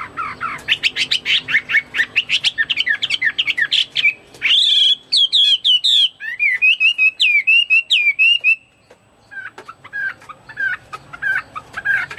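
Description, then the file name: Chinese hwamei singing: rapid series of sharp chips gives way to rich, looping whistled phrases, then more quick chirps and notes. "omkicau hwamei"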